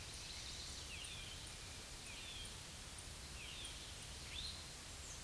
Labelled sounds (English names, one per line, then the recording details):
Eastern Towhee song
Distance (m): 25 m
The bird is about 5 m above the microphone
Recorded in a Pennsylvania forest on 16 May 2024 at 07:23
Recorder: AudioMoth, point MSD-0192
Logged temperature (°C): 16.0 °C
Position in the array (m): 154 m, 75 m